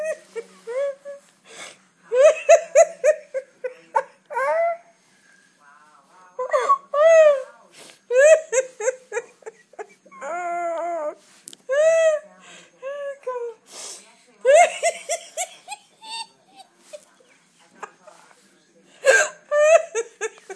Hiccups and a fit of giggles.